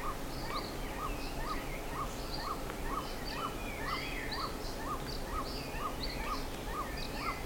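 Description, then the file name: Bird calls: evenly repeated short chip notes, about two each second, with scattered higher whistles and chirps over background hiss. "SABIOD 50 bird 2015"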